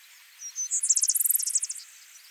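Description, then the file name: Vesper sparrow singing a short phrase: a few soft opening whistles followed by a quick series of high trilled notes. "Pooecetes gramineus - Vesper Sparrow"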